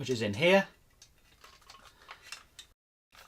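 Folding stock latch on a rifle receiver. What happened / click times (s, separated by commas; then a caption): The stock latch was handled without seating / none. Someone talks briefly, then pulls back the small steel latch on the folding stock of a Cyma CM.045A AKSU airsoft replica and starts swinging the stock out from the receiver. Only faint handling ticks are heard between about 1.0 and 2.6 seconds, and the stock has not yet clicked into place.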